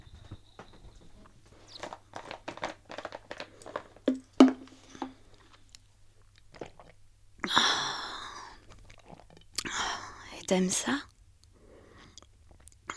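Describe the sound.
A run of small wet clicks and soft swallowing gulps as someone drinks, then a few louder breathy gulps, with a brief whispered question from a voice in between.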